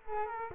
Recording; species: mosquito wingbeat signal from an infrared sensor; Culex quinquefasciatus